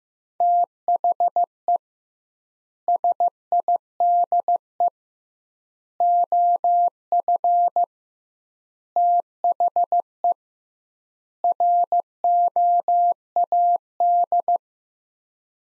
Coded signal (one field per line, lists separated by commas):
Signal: Morse code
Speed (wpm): 15 wpm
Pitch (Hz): 700 Hz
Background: none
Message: THE SIDE OF THE ROAD